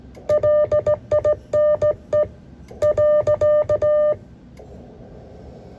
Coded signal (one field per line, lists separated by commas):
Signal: Morse code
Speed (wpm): 17 wpm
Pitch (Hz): 600 Hz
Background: music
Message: LINE .